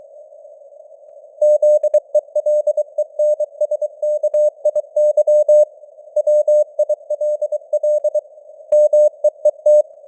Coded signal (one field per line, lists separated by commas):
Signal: Morse code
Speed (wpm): 23 wpm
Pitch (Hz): 600 Hz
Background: none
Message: ZELENSKIY WILL MEET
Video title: Morse Code News | 2025-11-30 | 23wpm